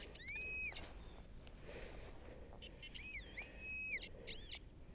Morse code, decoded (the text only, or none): none